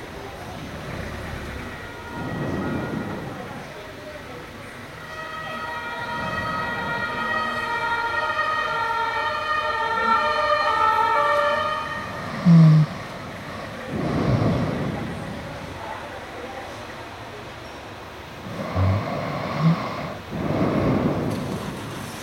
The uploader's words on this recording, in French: C'était l'été 2003, pendant la canicule. Par la fenêtre ouverte à cause de la chaleur, les bruits de la ville pénétraient dans la chambre.